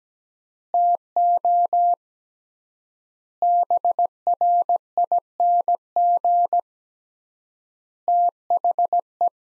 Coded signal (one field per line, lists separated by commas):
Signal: Morse code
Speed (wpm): 17 wpm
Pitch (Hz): 700 Hz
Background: none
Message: TO BRING THE